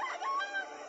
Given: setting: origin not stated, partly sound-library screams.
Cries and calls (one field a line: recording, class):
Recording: one-second piece from a danger detection set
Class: woman in danger